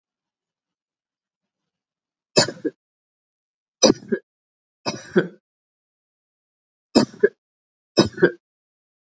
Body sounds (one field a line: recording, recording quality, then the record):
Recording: heavy voluntary cough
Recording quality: excellent, no background noise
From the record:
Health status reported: COVID-19 positive, mild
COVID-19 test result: positive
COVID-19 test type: RT-PCR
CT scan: not taken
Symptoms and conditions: cough, sore throat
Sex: female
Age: 24 years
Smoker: no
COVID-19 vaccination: both doses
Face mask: not worn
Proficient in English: yes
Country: India